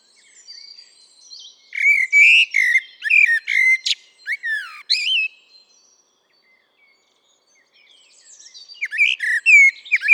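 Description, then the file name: Common blackbird singing a phrase of mellow warbled whistles mixed with thin, high squeaky notes, then after several seconds of quiet a second phrase begins. "Turdus merula"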